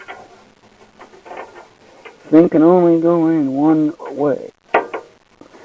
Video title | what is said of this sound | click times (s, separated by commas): How to build a computer (part 3 of 9) | hear that click that's what's supposed to happen | 4.8 s